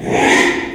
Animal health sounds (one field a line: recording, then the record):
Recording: squeal of a Yucatan mini pig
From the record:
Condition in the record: after surgery on the right vocal fold (resection and tissue-engineered implant)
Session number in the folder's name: 3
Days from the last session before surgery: 33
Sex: male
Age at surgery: 12 weeks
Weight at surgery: 13 kg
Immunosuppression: cyclosporine, prednisolone